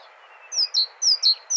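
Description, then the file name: Great tit calling with sharp paired notes, each a high note sliding down to a lower one, repeated two and a half times in quick succession. "Parus major"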